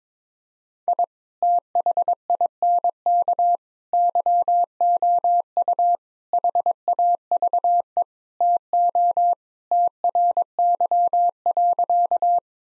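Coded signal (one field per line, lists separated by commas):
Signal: Morse code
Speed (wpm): 22 wpm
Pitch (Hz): 700 Hz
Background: none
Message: I THINK YOU HAVE TO TRY.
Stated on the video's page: Morse practice at 22 wpm: sentences of common five-word phrases, sent, spoken, then sent again, for head-copy training.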